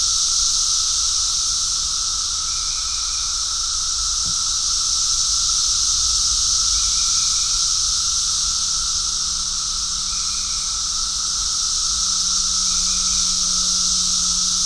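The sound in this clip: Cicadas drone in a continuous shrill hiss, faint chirps recurring every few seconds, a single sharp click, and a low hum.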